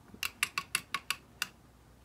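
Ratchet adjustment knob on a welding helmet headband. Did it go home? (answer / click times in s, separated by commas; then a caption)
yes / 0.4 s, 0.6 s, 0.7 s, 1.1 s, 1.4 s. The ratchet adjustment knob on the plastic headband of a $20 DEKO solar auto-darkening welding helmet is turned to tighten it, producing a series of sharp ratchet clicks. The clicks land at 0.4, 0.6, 0.8, 1.1 and 1.4 seconds as the band clicks into its detents. This shows the headband locks in place.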